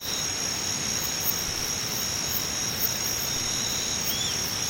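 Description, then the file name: Singing insects give a steady shrill ringing chorus with regular pulses, and a short sliding chirp near the end. "nakumushi"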